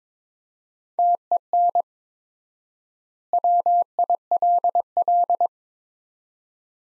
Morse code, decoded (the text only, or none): TEN WILL